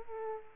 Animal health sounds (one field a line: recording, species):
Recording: mosquito wingbeat signal from an infrared sensor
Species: Culex quinquefasciatus